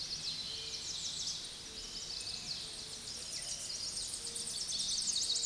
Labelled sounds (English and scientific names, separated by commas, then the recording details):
American Redstart (Setophaga ruticilla) song
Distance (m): 35 m
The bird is about 5 m above the microphone
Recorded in a Pennsylvania forest on 16 May 2024 at 06:09
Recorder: AudioMoth, point MSD-2377
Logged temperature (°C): 16.1 °C
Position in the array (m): 105 m, 230 m